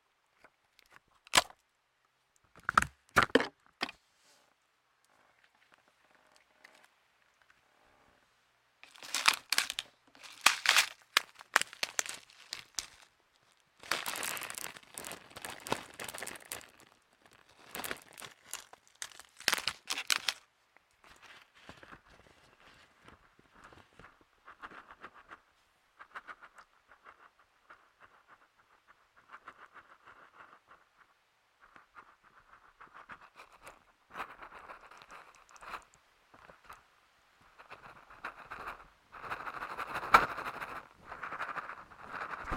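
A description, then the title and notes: Handling of homemade stress balls produces crinkly, crackling squeezes in irregular bursts. Sharp clusters come early and around 9 to 20 seconds, then give way to softer, steadier rustling and squishing that swells again near 40 seconds. Quiet gaps separate some bursts. Making Squoosh-os DIY Stress Balls (No Talking ASMR Quiet Play).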